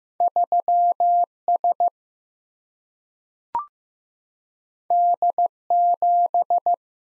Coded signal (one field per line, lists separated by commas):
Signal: Morse code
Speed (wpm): 15 wpm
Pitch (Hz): 700 Hz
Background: none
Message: 3S D7